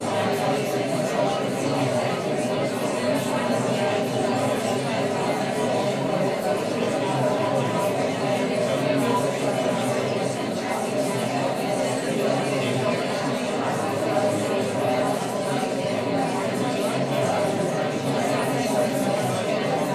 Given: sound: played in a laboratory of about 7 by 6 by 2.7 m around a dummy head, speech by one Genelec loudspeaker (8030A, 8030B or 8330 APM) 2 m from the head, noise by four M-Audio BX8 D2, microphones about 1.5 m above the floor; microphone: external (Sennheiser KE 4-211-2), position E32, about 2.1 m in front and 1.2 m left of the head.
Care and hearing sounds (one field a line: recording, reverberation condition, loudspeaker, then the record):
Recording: babble noise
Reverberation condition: medium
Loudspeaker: four, about 170 cm from the corners of the room and facing them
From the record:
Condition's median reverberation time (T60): about 510 ms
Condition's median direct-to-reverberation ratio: about -0.5 dB